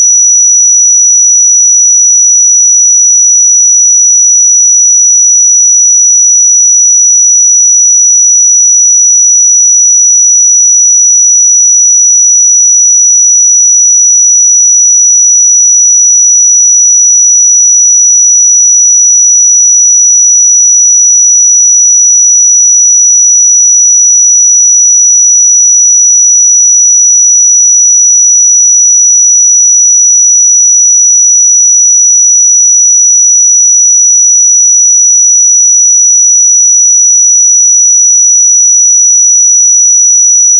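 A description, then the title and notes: A pure sine tone at 5878 Hz holds perfectly steady for the full forty-one seconds, thin and piercingly bright. Its pitch and loudness never waver, and nothing else sounds behind it, only the single unbroken whistle-like note. 5878 Hz 1 Hz Interval Sine Pure Tone Frequency 441000 Sample Mono.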